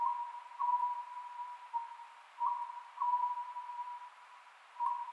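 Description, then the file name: Oriental scops owl gives a few short hooting notes in quick groups, spaced by pauses of about two seconds, with a constant hum behind. Recorded 27 May 2010 at 22:21. "konohazuku-20100527-2221"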